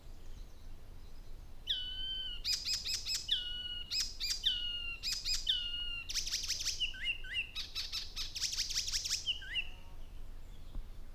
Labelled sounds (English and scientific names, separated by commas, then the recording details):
Icterine Warbler (Hippolais icterina) song
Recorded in the wild
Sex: male
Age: adult
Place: Lohm, Havelland, Brandenburg, DE
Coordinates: 52.8839, 12.3572
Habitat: grassland
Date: 2007-05-19 07:30
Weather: fair, 10°C, weak winds
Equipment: Sound Devices 702, Sennheiser MKH 416-T, Windkorb
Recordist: Frommolt, Karl-Heinz